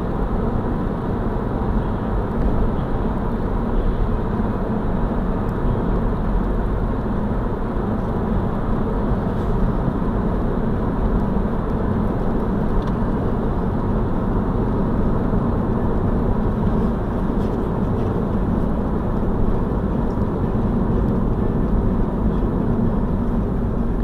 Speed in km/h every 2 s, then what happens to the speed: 89, 89, 89, 90, 91, 90, 89, 87, 85, 82, 79, 78.
0-11 steady at about 89. 11-24 slows to 78.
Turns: none.